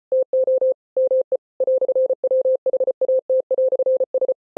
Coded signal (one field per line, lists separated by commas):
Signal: Morse code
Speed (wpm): 33 wpm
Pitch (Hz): 520 Hz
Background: none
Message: TO ME "WHAT"S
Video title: Mr. Hippo Speech but ITS IN MORSE CODE! [Flashing lights warning!]